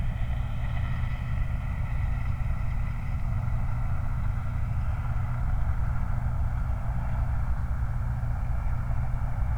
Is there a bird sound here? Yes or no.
no